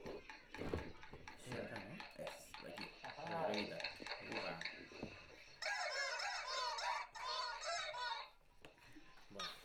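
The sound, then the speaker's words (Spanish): People talk and move about, then a chicken clucks and squawks in a rapid, high, chattering stream that continues loudly through the second half. “Calma el pollo, por favor. Sí. Callen al pollo, por favor.”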